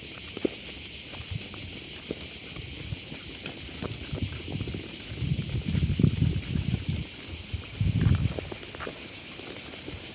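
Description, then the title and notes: Cicadas in a dense, steady high-pitched buzzing chorus that never breaks, with soft low rustling underneath. Many cicadas calling together from all directions at Liqeni Artificial i Tiranës, Albania; recorded standing in the centre of a dirt road. "Soundscape of Liqeni Artificial I Tiranes. Recorded by Uğur Aslan"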